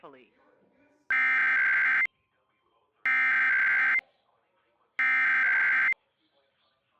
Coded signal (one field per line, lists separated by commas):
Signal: Emergency Alert System (SAME) tones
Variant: header bursts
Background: speech